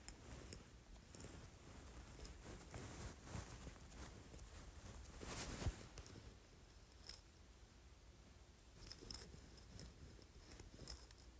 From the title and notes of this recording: ASMR Jade Roller.